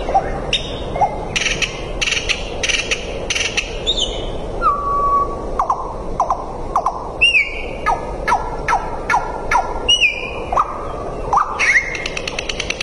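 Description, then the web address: Common nightingale song of varied whistled notes, sliding rising and falling phrases and short rattling bursts, over a steady broad background hiss. "Sedaye Bolbol Hezar Dastan. صدای-بلبل-هزار-دستان"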